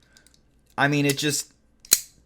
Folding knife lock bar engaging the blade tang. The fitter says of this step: the clicking sound of this lock bar, you can see there's this